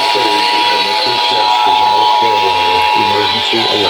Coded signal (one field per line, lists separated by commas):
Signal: Emergency Alert System (SAME) tones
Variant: 853 and 960 Hz attention tone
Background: speech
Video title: North Carolina Required Monthly Test at 3AM on Multiple stations (EAS #825-834)